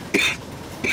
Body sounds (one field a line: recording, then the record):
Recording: coughing mixed with background sound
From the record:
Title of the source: 64 coughing, allergies, singing lungs